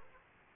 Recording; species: mosquito wingbeat signal from an infrared sensor; Aedes aegypti